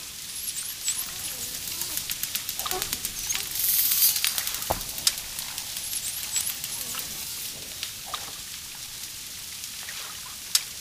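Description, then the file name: Dolphin clicks in dense rapid trains, with high, thin whistles that sweep up and down and a loud buzzy burst partway through. "shelkane svist delfina vspleski vodi"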